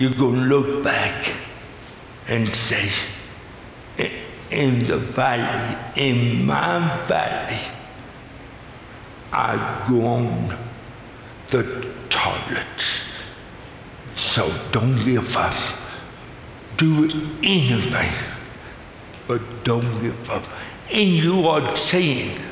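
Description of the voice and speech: Slow, effortful speech from an adult man born with cerebral palsy, with drawn-out sounds, long pauses and blurred consonants: dysarthria from cerebral palsy.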